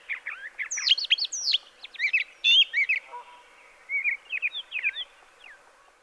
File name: Brown Thrasher